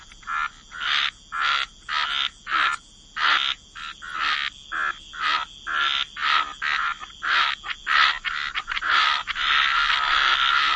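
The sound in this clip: Frog chorus, clipped raspy croaks at a steady pace that merge into a continuous rattling mass near the end, with a faint high hum.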